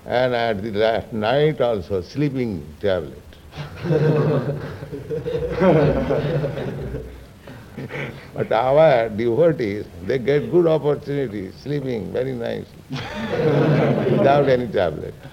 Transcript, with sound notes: And at the night also, sleeping tablet. [laughter] But our devotees, they get good opportunity, sleeping very nicely without any tablet.